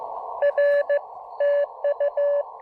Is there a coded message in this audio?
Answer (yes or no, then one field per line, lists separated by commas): yes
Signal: Morse code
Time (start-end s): 0.4-2.4 s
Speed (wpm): 16 wpm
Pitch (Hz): 590 Hz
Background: none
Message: R TU